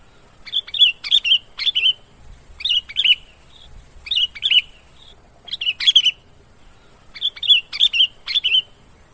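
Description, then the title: Lovebird calls, several short clusters of two or three sharp chirps over faint background noise. Used as a lure sound for trapping birds. "PIKAT BURUNG LOVEBIRD"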